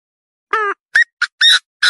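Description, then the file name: Partridge call: a nasal opening note, then several short, rasping squawks in quick succession. "Tieng ga go"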